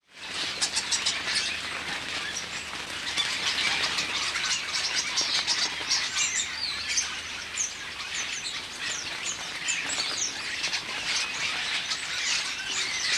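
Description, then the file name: Common starlings chattering: a dense, continuous mass of high chirps, clicks and whistles from many birds at once, with no pause throughout. "Common Starling (Sturnus vulgaris)"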